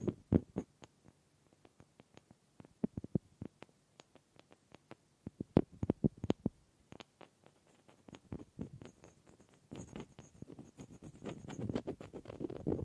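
Wood triggers: a quick, irregular run of sharp wooden taps and knocks, some in tight pairs, others spaced out, with brief gaps between bursts. After about ten seconds a low rubbing, scraping sound rises beneath the taps and continues to the end.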